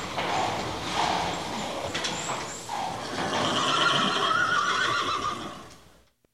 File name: horses